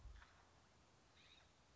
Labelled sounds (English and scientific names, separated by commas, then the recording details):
California Scrub-Jay (Aphelocoma californica)
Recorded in Sonoma County, California